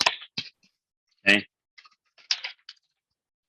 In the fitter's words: these clicket clams these things literally snap into place